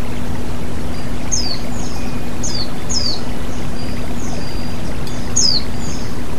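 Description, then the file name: White-eye calls: several high, quick downslurred chips spread evenly across the recording, a few louder than the rest, against constant flowing water and a low hum. White-eye sounds mixed with flowing water, produced as bird therapy audio. "terapi air mengalir burung pleci"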